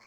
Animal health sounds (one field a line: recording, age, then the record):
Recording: pig call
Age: piglet (1 to 25 days)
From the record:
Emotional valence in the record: positive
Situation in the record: reunion after long isolation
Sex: male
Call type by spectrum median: low-frequency call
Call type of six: low-frequency tonal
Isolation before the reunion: 8 minutes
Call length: 0.07 s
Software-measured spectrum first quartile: 1251 Hz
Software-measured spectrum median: 2175 Hz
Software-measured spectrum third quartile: 3573 Hz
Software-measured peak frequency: 1091 Hz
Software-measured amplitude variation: 33 dB a second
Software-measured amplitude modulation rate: 7.2 a second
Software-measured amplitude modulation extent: 4.5 dB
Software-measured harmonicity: 0.5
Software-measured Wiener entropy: -1.51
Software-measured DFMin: 538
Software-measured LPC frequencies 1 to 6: 1054, 2237, 4336, 5341, 6282, 7491 Hz